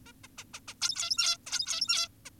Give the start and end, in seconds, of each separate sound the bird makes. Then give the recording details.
0.06-0.12, 0.24-0.28, 0.38-0.44, 0.54-0.60, 0.68-0.75, 0.82-1.38, 1.47-2.08, 2.26-2.30. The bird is an adult. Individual g17y2U